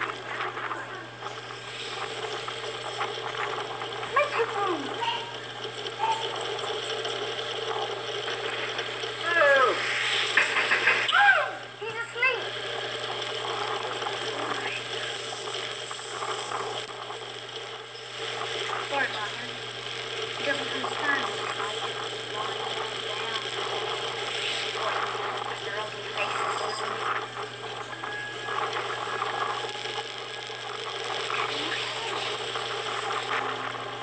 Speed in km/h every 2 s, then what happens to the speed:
29, 28, 27, 26, 24, 22, 23, 24, 25, 25, 27, 29, 30, 28, 27, 28, 28.
0-10 slows to 22. 10-23 speeds up to 30. 23-34 steady at about 28.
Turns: none.